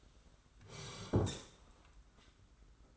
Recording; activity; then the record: daily activity, microphone in the room; sit down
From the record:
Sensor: 3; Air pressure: 991.7 hPa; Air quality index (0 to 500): 167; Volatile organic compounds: 1000 ppm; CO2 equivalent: 5515 ppm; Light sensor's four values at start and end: 35/100/41/35 and 37/106/43/37